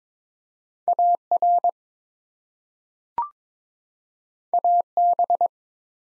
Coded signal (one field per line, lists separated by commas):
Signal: Morse code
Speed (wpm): 22 wpm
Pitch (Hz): 700 Hz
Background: none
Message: AR AB